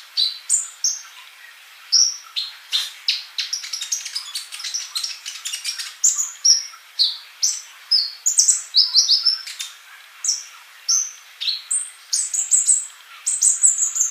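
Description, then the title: Bird song, a rapid run of high chirps and short whistled notes, steady and varied throughout. "Kicau Burung"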